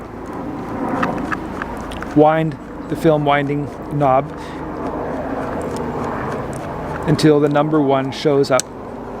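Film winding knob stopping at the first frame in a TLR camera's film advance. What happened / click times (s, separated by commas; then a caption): The winding knob is turned but the advance has not yet locked / none. Someone talks while the film winding knob on a twin-lens reflex camera is handled, turned toward frame number one in the counter window so the film advance will lock there. A few faint, short ticks sound around 1.0, 1.6 and 2.0 seconds over a steady background hum. Nothing has clicked or locked into place yet.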